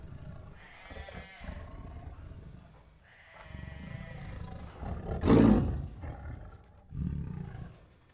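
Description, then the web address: Tiger giving low moaning growls in separate phrases, with one sharp, loud huff or snort midway and a final short growl. Restless tiger growling, huffing, moaning and roaring. "Sound Ideas Tigers"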